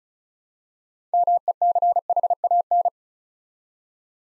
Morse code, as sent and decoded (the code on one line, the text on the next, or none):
-- . -.-. .... .- -.
MECHAN